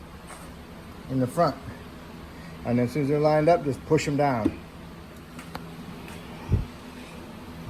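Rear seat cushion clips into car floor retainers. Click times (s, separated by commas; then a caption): 5.5 s. Someone talks about lining up the rear seat cushion of a 2011 Lexus LS460 with its retaining clips and pushing it down into the car floor retainers. A sharp clunk at 5.6 seconds marks the clips locking home and the seat seating.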